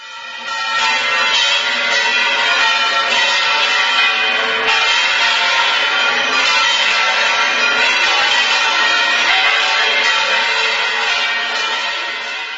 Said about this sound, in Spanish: El 24 de agosto de 1944, las campanas de París repican con toda su energía sonora, y no es para menos.